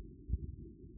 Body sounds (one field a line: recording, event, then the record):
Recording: neck accelerometer signal played as sound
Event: no cough (speech, laughter, throat clearing or background)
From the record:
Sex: male